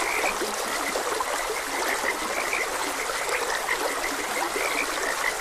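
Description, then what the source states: Frogs calling with short, clipped croaks scattered irregularly throughout, set against the steady babble of a trickling stream. Frogs recorded croaking beside a gentle stream.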